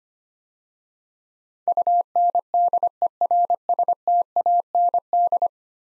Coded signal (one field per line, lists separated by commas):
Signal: Morse code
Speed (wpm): 25 wpm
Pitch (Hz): 700 Hz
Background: none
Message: UNDERSTAND